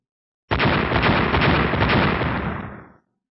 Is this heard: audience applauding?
no